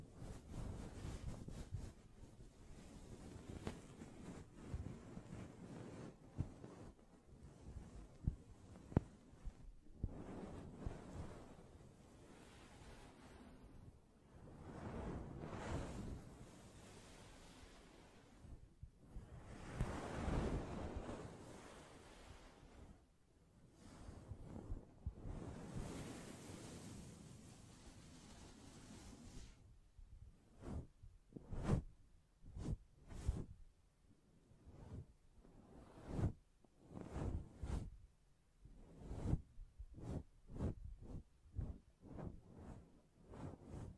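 Hand sounds on a microphone: for about the first half, steady brushing and scratching rub against it in a dense, rushing wash that swells and fades like surf. After roughly thirty seconds it changes to sparse, sharp taps, spaced out with quiet gaps between them.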